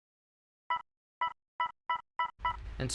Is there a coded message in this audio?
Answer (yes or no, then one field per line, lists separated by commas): no